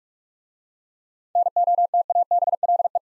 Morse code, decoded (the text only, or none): NOTABLE